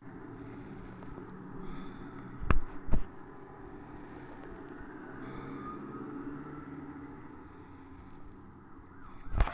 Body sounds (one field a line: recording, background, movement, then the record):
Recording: deep breathing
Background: traffic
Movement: sitting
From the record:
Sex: male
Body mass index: 23.7 kg/m2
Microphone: on the chest, facing the body